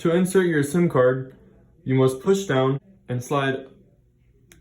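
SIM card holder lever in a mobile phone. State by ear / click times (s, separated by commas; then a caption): released / 4.5 s. A person talks as the SIM card holder lever in a Plum Ram 7 4G mobile phone (new model) is pushed down and slid up until it unlocks. A sharp tick at 4.5 s marks the lever clicking unlocked and released.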